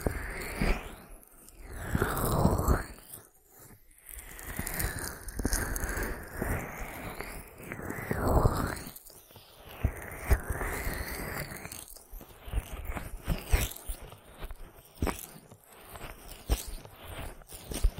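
An ear massage with rubbing and crackling textures that swell and fade, sometimes sliding up or down in pitch. The sound is dense with brief gaps around 3, 9 and 12 seconds. Sharp taps and crisp clicks recur throughout.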